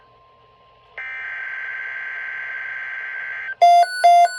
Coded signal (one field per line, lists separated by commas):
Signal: Emergency Alert System (SAME) tones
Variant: header bursts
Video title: Slight risk threat from 7/8/26 EAS Compliation#6 EAS#139-146 of 2026 #noaaweatherradio